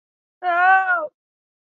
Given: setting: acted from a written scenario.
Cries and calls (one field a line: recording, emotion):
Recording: vocal sound without words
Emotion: fear